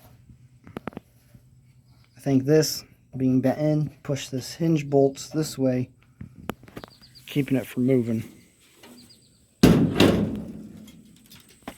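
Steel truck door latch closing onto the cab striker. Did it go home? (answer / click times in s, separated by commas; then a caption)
no / none. Someone talks, then the steel cab door of a 1953 F100 pickup, with its hinge bolts just adjusted, is swung shut against the cab striker, with a loud slam at about 9.6 s that rings and fades. The door latch fails to catch, so nothing has latched or clicked into place.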